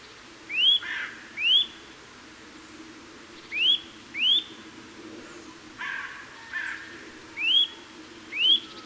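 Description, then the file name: Eurasian nuthatch calling with clear upslurred whistles, mostly in quick pairs, repeated throughout with softer faint notes between. "Sitta europaea"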